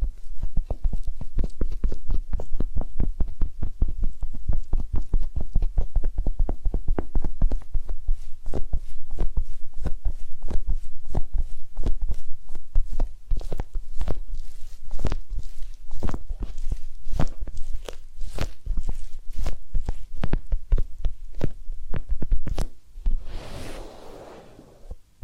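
A massage and ear cleaning session: rapid, fairly regular tapping and soft thumps run steadily for most of the time, over a low, muffled rumble. Near the end a brief rubbing swish rises, then the sound drops away.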